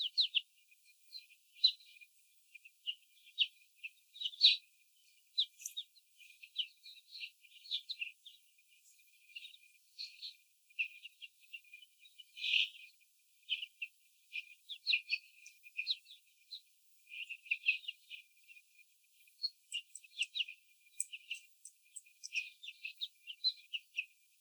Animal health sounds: young laying hens in a cage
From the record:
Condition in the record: before the stressor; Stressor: sudden umbrella opening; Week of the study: 3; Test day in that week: 2

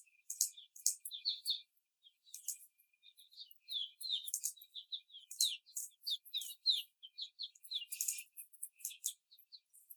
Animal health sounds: young laying hens in a cage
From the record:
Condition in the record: before the stressor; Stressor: simulated dog barking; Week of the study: 4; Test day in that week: 2

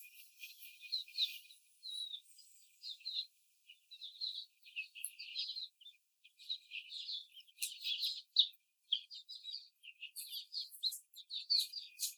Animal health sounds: young laying hens in a cage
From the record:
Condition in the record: before the stressor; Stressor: simulated dog barking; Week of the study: 4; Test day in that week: 1

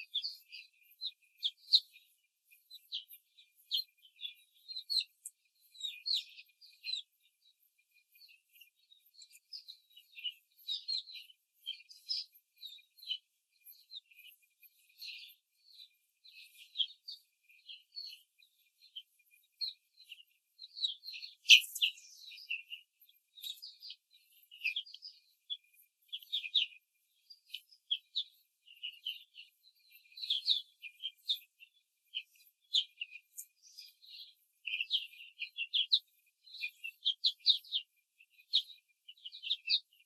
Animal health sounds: young laying hens in a cage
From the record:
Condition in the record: control cage, before the stress test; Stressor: none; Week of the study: 4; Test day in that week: 1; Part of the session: 3

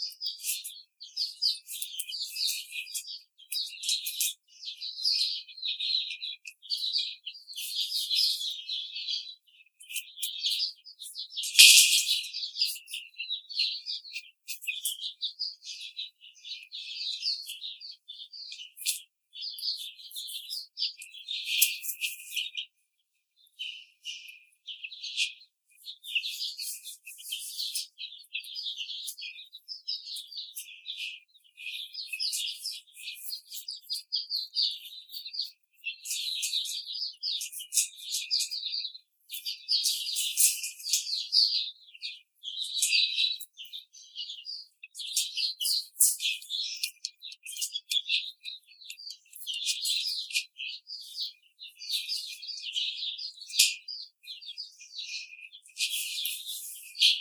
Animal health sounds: young laying hens in a cage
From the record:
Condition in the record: treatment cage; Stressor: simulated dog barking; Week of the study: 5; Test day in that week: 1

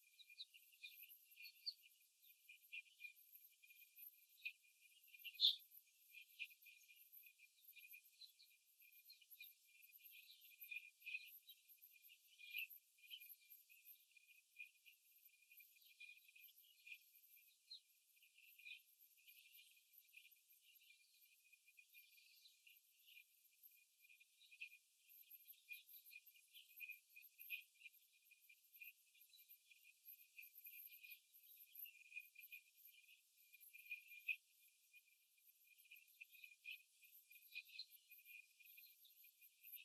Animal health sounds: young laying hens in a cage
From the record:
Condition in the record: after the stressor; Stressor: simulated dog barking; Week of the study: 3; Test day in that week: 2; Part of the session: 3

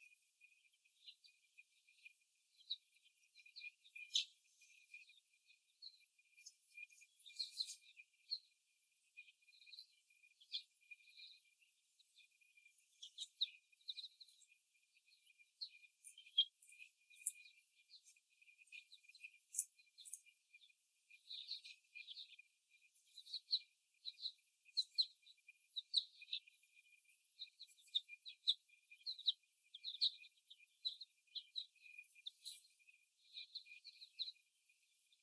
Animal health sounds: young laying hens in a cage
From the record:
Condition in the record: before the stressor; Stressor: simulated dog barking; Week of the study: 1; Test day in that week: 1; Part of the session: 2

